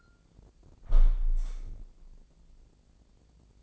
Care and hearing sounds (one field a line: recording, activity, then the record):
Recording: daily activity, microphone in the room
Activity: close window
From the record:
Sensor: 5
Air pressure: 1012.3 hPa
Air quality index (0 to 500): 160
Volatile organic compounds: 2 ppm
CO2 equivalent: 1085 ppm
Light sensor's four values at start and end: 69/166/68/73 and 69/165/68/73